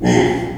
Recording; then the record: squeal of a Yucatan mini pig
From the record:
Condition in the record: before surgery on the right vocal fold (resection and tissue-engineered implant); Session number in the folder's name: 2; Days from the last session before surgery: -15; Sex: female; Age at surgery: 19 weeks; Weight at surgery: 25 kg